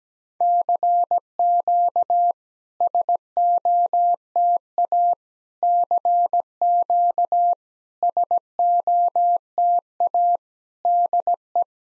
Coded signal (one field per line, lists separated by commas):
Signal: Morse code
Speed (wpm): 17 wpm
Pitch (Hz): 700 Hz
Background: none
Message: CQ SOTA CQ SOTA DE